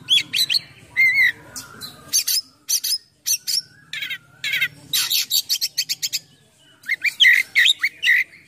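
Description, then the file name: Oriental magpie-robin song: varied bursts of harsh buzzy notes, rattling trills and short whistles, broken by brief pauses, with a faint low rumble at times. Full song in top singing form (gacor) with a rich repertoire of imitated phrases (full isian, mewah). "KACER GACOR FULL ISIAN MEWAH"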